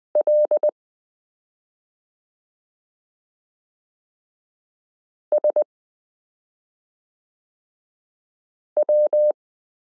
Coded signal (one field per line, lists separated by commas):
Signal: Morse code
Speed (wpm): 20 wpm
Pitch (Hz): 600 Hz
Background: none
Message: L SW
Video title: Morse Code Listening Lesson 12 - m k r s u a p t l o w i (.) period